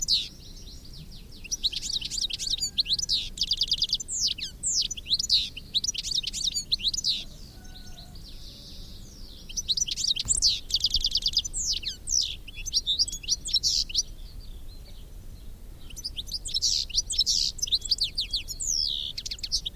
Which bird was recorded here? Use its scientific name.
Carduelis carduelis